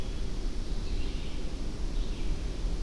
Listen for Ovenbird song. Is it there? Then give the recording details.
no. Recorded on 25 June 2016 at 07:20. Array SBT-6-76